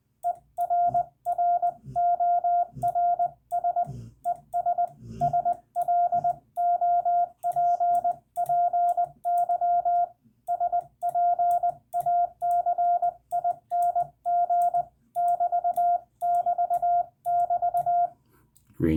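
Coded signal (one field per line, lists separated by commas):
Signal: Morse code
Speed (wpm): 20 wpm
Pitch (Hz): 700 Hz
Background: speech, radio noise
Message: ERRORS ES SLOPPY SPACING <BT><BT><BT>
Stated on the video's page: CW lesson on using the hyphen in ragchew, with hand keying and a CW ragchew.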